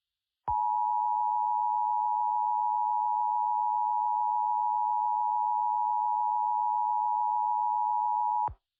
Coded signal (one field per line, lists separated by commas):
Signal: Emergency Alert System (SAME) tones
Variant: 853 and 960 Hz attention tone